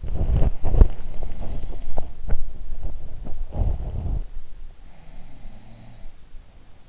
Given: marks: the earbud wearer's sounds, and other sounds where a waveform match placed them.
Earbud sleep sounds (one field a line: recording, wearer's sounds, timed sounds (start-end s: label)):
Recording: sounds in sleep by an in-ear microphone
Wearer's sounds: body movement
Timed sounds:
0.00-1.08 s: body movement
0.57-2.46 s: sound from someone else or the room
1.93-4.27 s: body movement
4.77-6.21 s: sound from someone else or the room